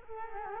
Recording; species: mosquito wingbeat signal from an infrared sensor; Culex quinquefasciatus